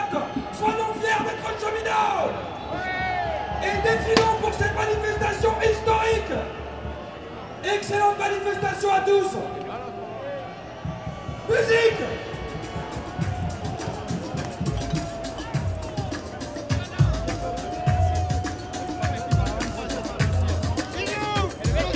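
Ambience inside a street demonstration: a dense, continuous mass of voices and speech with frequent sharp knocks and bangs. Several sustained whistle or horn tones sound between about 0 and 12 seconds, and a wavering tone drifts through the later part.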